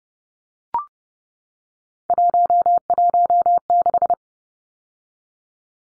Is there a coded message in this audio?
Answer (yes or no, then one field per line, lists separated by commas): yes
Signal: Morse code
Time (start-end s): 2.1-4.1 s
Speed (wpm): 30 wpm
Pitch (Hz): 700 Hz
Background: none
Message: 116